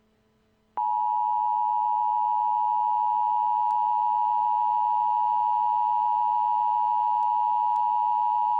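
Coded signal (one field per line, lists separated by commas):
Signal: Emergency Alert System (SAME) tones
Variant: 853 and 960 Hz attention tone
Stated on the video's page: Fictional EAS scenario, with some alerts presented as live and others as pure EAS broadcasts.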